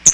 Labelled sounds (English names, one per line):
Hooded Warbler flight call